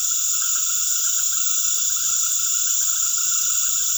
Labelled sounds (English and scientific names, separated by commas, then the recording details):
none
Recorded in secondary vegetation near Puerto Asís, Putumayo, Colombia, on 20 February 2024 at 19:00
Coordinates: 0.500, -76.326
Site G6428